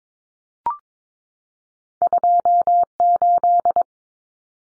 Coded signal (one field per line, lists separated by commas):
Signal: Morse code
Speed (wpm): 22 wpm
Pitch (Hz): 700 Hz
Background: none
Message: 28